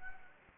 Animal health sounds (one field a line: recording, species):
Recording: mosquito wingbeat signal from an infrared sensor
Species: Anopheles gambiae